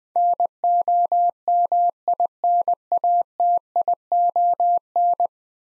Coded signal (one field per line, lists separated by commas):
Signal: Morse code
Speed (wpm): 20 wpm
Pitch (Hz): 700 Hz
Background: none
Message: NOMINATION